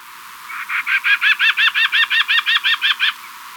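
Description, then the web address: Crescent-faced antpitta call: a quick, even series of many hollow notes lasting about two and a half seconds over a quiet background. Ecuador. "Birds of Ecuador 2. Crescent-Faced Antpitta"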